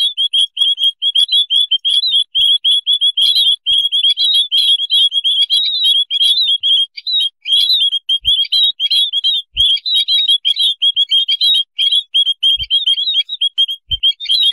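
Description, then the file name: White-headed munia chirping almost without a break, rapid high notes with sporadic low thuds. "beyaz basli mannikin otusu serinofil"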